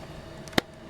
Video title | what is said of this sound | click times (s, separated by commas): Repairing a Harley Garage Door Opener Receiver | Hear the click. | 0.6 s